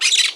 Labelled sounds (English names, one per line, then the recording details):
Brown-throated Parakeet contact call
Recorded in Margarita
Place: San Francisco, near stadium
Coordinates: 11.018, -64.294